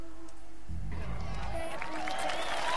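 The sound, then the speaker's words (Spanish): A burst of applause swells up after a brief low thumping, continuing as steady, dense clapping with some crowd noise mixed in until the end. “Aplauso, por favor.”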